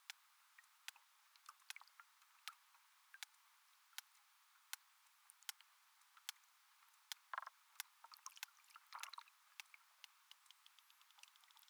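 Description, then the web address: Sperm whale clicks in a fairly steady train of crisp ticks, broken by a few faster bursts in the second half. Lone sperm whale, hunting, recorded 27 September 2023. "ERMITES 2025 cachalot solo"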